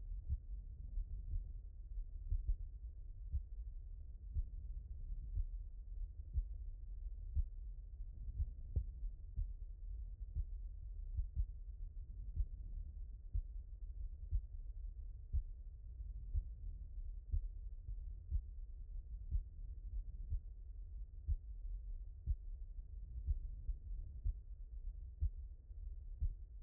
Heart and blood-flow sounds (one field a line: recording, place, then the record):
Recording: heart sounds by stethoscope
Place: aortic valve (AV)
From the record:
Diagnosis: non-HFrEF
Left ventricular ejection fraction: 59%